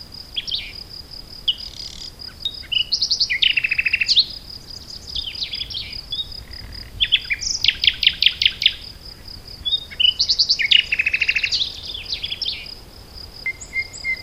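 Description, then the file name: Common nightingale singing rich varied phrases: rattles, rapid stuttered notes and swelling whistles separated by short pauses, over a continuous high-pitched hum. "Luscinia megarhynchos"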